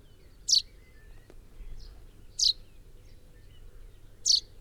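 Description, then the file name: Common chaffinch calling: three bright, clipped high notes spaced about two seconds apart over a quiet low background hum. "Fringilla coelebs"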